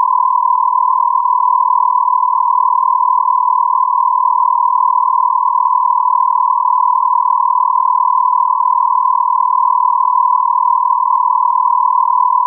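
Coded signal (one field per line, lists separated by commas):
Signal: radio time signal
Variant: Beta, RJH77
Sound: continuous buzzy tone near 1 kHz, rapidly keyed on and off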